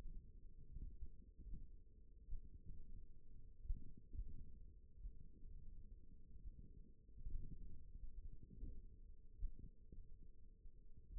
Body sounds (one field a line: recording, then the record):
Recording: forearm muscle sounds (acoustic myography)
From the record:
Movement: finger pinch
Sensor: system 1, eight BSWA MPA416 microphones around the upper forearm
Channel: 2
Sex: female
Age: 20 years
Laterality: right